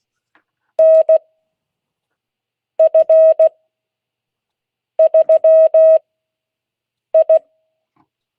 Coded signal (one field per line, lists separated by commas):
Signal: Morse code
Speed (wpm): 16 wpm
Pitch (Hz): 640 Hz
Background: none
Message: NF3I